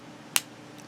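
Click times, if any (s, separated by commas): 0.4 s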